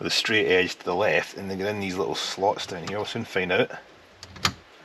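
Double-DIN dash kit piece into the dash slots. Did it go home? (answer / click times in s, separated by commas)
yes / 4.5 s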